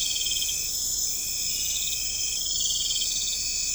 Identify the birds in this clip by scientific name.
none